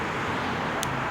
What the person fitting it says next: it just snaps into place it does not get any easier than that